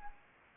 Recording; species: mosquito wingbeat signal from an infrared sensor; Anopheles gambiae